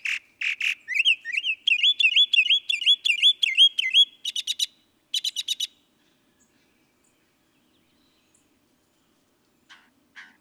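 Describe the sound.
Northern mockingbird singing a rapid run of wavering whistled notes, then short buzzy bursts, followed by near silence with a few faint notes at the end.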